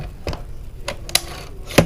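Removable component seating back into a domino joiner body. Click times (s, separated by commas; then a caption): 1.2 s, 1.8 s. A removable component is pushed back into the body of a Festool Domino XL joiner with a light tuck. Softer handling knocks are followed by sharp clicks at 1.1 s and 1.8 s as the part seats back into place. There is no talking.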